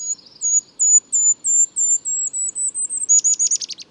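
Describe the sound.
Golden-crowned Kinglet song, a series of very high, thin, evenly spaced notes that climb slightly, ending in a quick tumbling chatter.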